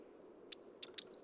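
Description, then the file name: Eurasian blue tit high thin calls: a long sustained very high note followed by a few quick descending chirps, in quiet conditions. "Cyanistes caeruleus"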